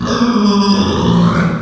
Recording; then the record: squeal of a Yucatan mini pig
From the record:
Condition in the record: after surgery on the right vocal fold (resection and tissue-engineered implant); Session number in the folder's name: 15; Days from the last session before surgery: 175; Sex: female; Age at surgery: 19 weeks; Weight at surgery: 25 kg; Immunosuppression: prednisolone